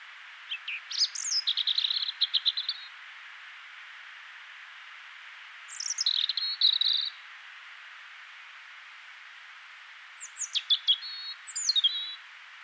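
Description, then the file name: European robin singing three separate phrases, each mixing sharp high whistles with fast trilled notes, with quiet gaps of several seconds between them and constant faint hiss. "Erithacus rubecula"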